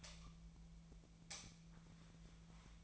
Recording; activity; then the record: daily activity, microphone in the room; light on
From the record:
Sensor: 1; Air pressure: 1009.8 hPa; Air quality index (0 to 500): 190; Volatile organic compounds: 17 ppm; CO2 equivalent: 2600 ppm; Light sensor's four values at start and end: 33/84/35/42 and 44/128/52/59